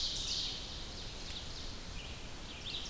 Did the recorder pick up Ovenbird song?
yes